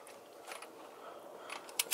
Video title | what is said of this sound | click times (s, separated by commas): XOTIC PERFORMANCE Head Studs Installation Review 6.7 CUMMINS!! | and down right now giving it a nice little click | 1.8 s